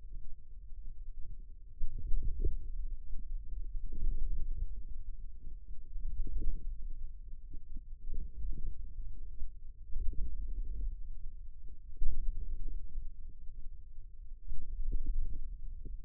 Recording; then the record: forearm muscle sounds (acoustic myography)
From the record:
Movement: ulnar deviation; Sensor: system 2, bracelet of six BSWA MPA416 microphones around the upper forearm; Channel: 2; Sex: male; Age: 22 years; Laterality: right